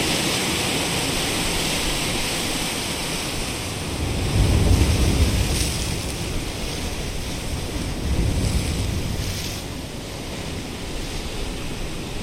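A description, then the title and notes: Ocean water surges against sea wall rocks in a steady roar, with fuller swells building around four and eight seconds amid wind. Ocean surging against sea wall rocks. Recorded by Alan Cook.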